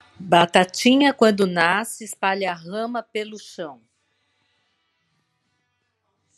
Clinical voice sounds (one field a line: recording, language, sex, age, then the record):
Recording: short text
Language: Brazilian Portuguese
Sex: female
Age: 60 to 69 years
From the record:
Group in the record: control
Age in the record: 62 years